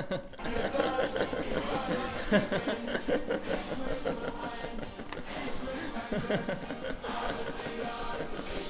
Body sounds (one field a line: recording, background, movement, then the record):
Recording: laughter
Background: music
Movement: walking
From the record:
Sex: male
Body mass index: 22.0 kg/m2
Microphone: on the chest, facing outward